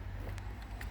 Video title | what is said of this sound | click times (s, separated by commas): How To Replace A Clock Spring? Step-By-Step Instructions (Airbag, Steering Wheel) - Full Video | snap it in place, | 0.4 s, 0.8 s